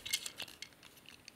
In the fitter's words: This entire shoulder wants to rotate forward and it'll lock into place